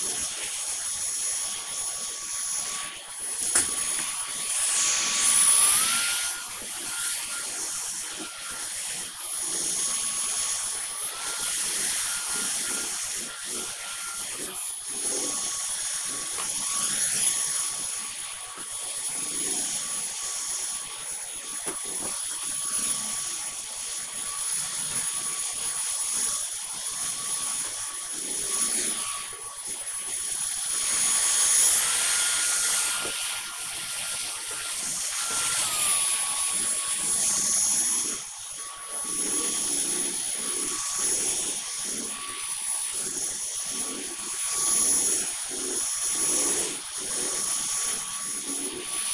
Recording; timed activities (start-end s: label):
household activities, microphone on the right wrist
0.00-49.14 s: vacuum cleaning